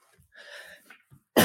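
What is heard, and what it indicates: Soft indoor speech, then one loud, rough cough from an adult man, with a brief throaty, voiced tail.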